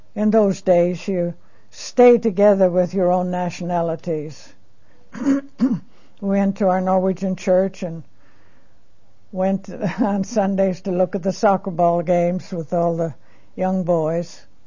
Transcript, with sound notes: In those days you stayed together with your own nationalities. (coughs) We went to our Norwegian church and went on Sundays to look at the soccer ball games with all the young boys.